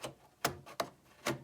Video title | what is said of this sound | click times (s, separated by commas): Working on the Power Mac G5! | all you have to do is line it up and it'll click into place | 0.5 s, 0.8 s